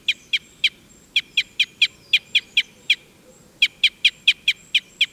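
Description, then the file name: Red crossbill calls: many sharp, clipped chips given irregularly in loose groups separated by brief pauses, over a quiet background. Call Type N. "Red Crossbill Type N 10-ECs"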